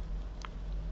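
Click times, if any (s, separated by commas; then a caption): none. A watch strap is being worked onto the case of a new smartwatch by hand, giving a soft, brief scrape around 0.4 s over a steady low hum. Nothing has clicked or seated yet.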